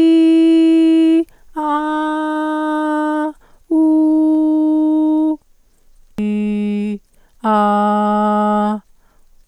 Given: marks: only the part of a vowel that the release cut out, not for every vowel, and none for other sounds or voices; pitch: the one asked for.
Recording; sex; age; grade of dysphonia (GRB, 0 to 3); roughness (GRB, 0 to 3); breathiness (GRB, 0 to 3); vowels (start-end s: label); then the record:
sustained vowels; female; 40 to 49 years; 0; 0; 0
0.24-1.17 s: vowel /i/, high pitch
1.82-3.22 s: vowel /a/, high pitch
3.81-5.27 s: vowel /u/, high pitch
6.20-6.91 s: vowel /i/, low pitch
7.49-8.70 s: vowel /a/, low pitch
From the record:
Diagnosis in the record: hyperfunctional dysphonia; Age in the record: 44 years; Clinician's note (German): Tendenz dazu